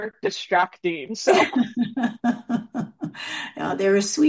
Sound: laughs

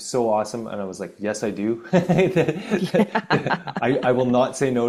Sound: laughs

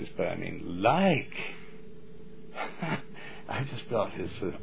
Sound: laughs

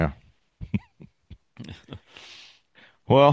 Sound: laughs

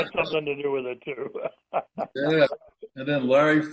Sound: laughs

